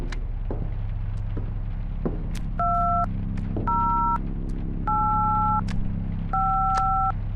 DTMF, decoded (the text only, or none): 2085